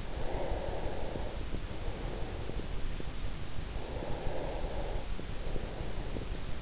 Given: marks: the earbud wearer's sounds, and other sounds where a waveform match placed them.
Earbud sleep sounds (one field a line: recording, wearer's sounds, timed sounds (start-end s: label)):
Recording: sounds in sleep by an in-ear microphone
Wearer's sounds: breath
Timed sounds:
0.15-2.74 s: breath
3.45-6.62 s: breath